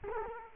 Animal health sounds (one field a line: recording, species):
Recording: mosquito wingbeat signal from an infrared sensor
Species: Culex quinquefasciatus